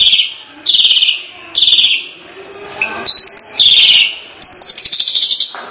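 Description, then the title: Starling song: grating buzzy phrases in bursts with brief gaps. "Kicau Burung Jalak"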